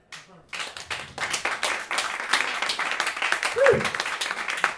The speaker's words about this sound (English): That's how it goes. I mean, sometimes you just gotta cue the applause.